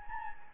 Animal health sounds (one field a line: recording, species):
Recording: mosquito wingbeat signal from an infrared sensor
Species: Anopheles gambiae